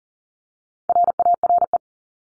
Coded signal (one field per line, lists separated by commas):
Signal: Morse code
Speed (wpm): 40 wpm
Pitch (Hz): 700 Hz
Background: none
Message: RARE